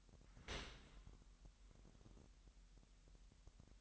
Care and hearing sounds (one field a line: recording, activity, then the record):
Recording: daily activity, microphone in the room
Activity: open dishwasher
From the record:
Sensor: 3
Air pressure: 998.1 hPa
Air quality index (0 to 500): 152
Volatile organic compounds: 5 ppm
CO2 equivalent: 1822 ppm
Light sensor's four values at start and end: 13/38/15/14 and 13/38/15/14